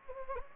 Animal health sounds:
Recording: mosquito wingbeat signal from an infrared sensor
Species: Anopheles gambiae

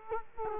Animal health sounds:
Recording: mosquito wingbeat signal from an infrared sensor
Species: Culex quinquefasciatus

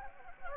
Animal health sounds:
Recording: mosquito wingbeat signal from an infrared sensor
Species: Anopheles gambiae

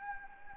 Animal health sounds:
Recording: mosquito wingbeat signal from an infrared sensor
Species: Anopheles gambiae

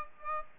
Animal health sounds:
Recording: mosquito wingbeat signal from an infrared sensor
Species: Aedes aegypti

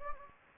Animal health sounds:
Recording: mosquito wingbeat signal from an infrared sensor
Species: Anopheles gambiae

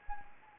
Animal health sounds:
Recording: mosquito wingbeat signal from an infrared sensor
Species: Anopheles gambiae

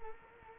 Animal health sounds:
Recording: mosquito wingbeat signal from an infrared sensor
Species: Culex quinquefasciatus

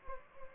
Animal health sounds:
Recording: mosquito wingbeat signal from an infrared sensor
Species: Anopheles gambiae

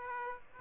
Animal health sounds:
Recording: mosquito wingbeat signal from an infrared sensor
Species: Aedes aegypti

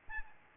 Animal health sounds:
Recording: mosquito wingbeat signal from an infrared sensor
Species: Aedes albopictus

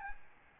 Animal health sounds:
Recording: mosquito wingbeat signal from an infrared sensor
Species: Aedes albopictus

